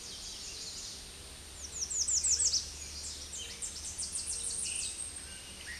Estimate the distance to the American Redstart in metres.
about 5 m